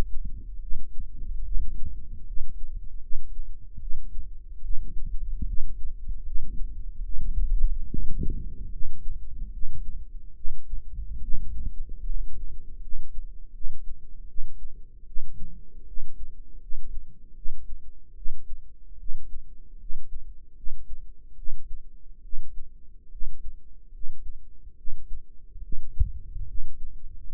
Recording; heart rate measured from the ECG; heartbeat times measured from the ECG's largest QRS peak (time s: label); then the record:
heart sounds by microphone in the right ear; 74 bpm
0.60 s: heartbeat
1.43 s: heartbeat
2.25 s: heartbeat
3.00 s: heartbeat
3.79 s: heartbeat
4.61 s: heartbeat
5.46 s: heartbeat
6.24 s: heartbeat
7.02 s: heartbeat
7.88 s: heartbeat
8.70 s: heartbeat
9.51 s: heartbeat
10.34 s: heartbeat
11.20 s: heartbeat
12.05 s: heartbeat
12.80 s: heartbeat
13.52 s: heartbeat
14.26 s: heartbeat
15.05 s: heartbeat
15.85 s: heartbeat
16.59 s: heartbeat
17.34 s: heartbeat
18.14 s: heartbeat
18.97 s: heartbeat
19.78 s: heartbeat
20.54 s: heartbeat
21.35 s: heartbeat
22.21 s: heartbeat
23.09 s: heartbeat
23.91 s: heartbeat
24.75 s: heartbeat
25.61 s: heartbeat
26.45 s: heartbeat
27.26 s: heartbeat
From the record:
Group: healthy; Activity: cold pressor test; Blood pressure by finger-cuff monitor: 94/63 mmHg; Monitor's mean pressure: 73 mmHg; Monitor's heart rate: 74 bpm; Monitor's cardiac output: 5.6 L/min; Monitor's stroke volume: 74 mL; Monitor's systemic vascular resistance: 960 dyn s/cm5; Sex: female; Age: 22 years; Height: 160 cm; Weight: 45 kg